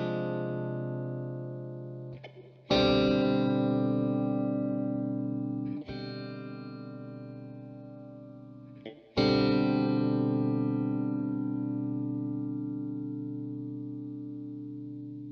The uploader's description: Bells tolling on a distant planet.